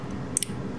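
A factory relay is pushed back onto its plug-in connector on the wiring harness of a Honda Grom with a 300 swap. Two sharp plastic snaps sound close together at about 0.4 s and 0.4 s over a low background hum. The relay is seated in its connector.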